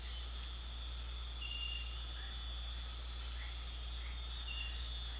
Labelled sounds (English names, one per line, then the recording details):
none
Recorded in dense forest near Puerto Asís, Putumayo, Colombia, on 8 March 2025 at 21:30
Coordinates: 0.503, -76.323
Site GP09